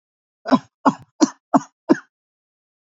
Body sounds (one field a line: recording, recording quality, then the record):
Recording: heavy voluntary cough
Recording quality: excellent, no background noise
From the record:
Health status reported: exposed to COVID-19, no respiratory illness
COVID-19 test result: not tested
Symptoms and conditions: none ticked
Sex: male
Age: 31 years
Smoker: not ticked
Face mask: worn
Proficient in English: yes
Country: India